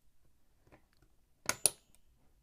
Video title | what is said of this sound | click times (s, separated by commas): How to install Intel heatsink | yep you just should yeah it's like two clicks per thing | 1.5 s, 1.7 s